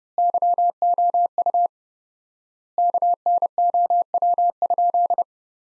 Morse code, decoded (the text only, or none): YOU KNOW?